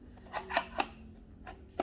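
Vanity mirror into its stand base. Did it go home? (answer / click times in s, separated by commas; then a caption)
yes / 1.8 s. A plastic trifold vanity mirror is pushed down onto its stand base, with a few soft knocks and taps of handling before a sharp click at 1.8 s. The mirror is clipped onto the base and seated.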